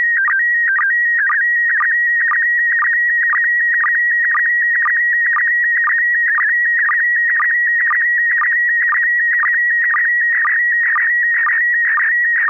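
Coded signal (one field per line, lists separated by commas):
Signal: SSTV (slow-scan television)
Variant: PD 120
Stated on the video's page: Weekly amateur SSTV net on a 441.30 MHz FM repeater, images exchanged using MMSSTV software.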